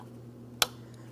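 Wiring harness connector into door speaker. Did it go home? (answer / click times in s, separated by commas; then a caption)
yes / 0.6 s. A wiring harness plug, lined up with its locking tab facing out, is pressed onto the plastic connector of a new front door speaker in a 2005-2010 Chrysler 300. Over a low steady hum, a single sharp, bright click sounds at 0.6 s. The connector is seated.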